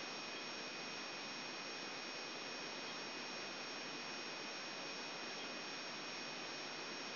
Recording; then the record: brain microelectrode recording played as sound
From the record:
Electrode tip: outside the subthalamic nucleus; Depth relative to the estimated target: -6 mm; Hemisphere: left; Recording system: AlphaMap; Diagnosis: Parkinson's disease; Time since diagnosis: 7 years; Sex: male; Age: 59 years